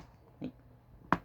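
A plastic armor part is pressed from the top onto the left leg of a Kamen Rider Zeztz Capsem Change Collection action figure, which makes it go on much easier. A soft handling knock sounds at about 0.4 s, then the part snaps home with a sharp click at 1.1 s, seating it in place.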